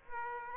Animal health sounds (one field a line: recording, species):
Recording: mosquito wingbeat signal from an infrared sensor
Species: Aedes aegypti